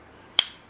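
A new Firestriker F.A.B. folding knife's chunky, slight drop-point blade is opened and clicks through its detent positions as it locks into the handle. After near silence, one sharp, bright click lands at 0.4 s and rings briefly before fading. The blade seats in position.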